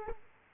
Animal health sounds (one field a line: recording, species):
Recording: mosquito wingbeat signal from an infrared sensor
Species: Culex quinquefasciatus